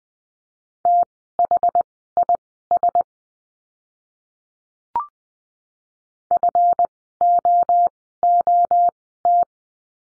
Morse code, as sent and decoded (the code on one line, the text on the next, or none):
- .... .. ... / ..-. --- --- -
THIS FOOT